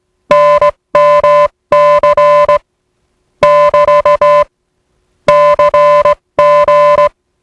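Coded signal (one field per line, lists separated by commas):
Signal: Morse code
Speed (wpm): 18 wpm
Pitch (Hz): 590 Hz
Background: music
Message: NMC <BT> CG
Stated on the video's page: Spoof recreation of a TTT safety message in the style of USCG coast station NMC on 500 kHz.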